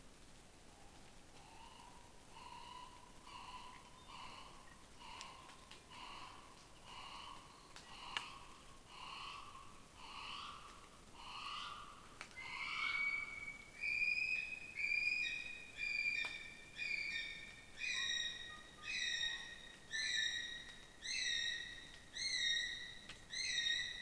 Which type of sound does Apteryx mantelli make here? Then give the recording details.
female call, male call. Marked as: faintness 2/5. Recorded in New Zealand on 21 November 2014. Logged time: 04:57. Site CL78